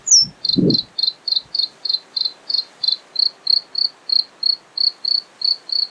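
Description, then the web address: Bluethroat song: a high falling whistle, then a long steady series of clipped, ringing notes repeated about three times per second, with a brief low thump near the start. Recorded 25 May 2025. "fagelljud 20250525 blahake"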